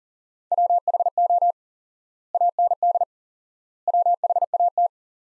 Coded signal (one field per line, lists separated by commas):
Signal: Morse code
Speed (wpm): 37 wpm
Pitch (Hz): 700 Hz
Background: none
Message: WHO AND WHAT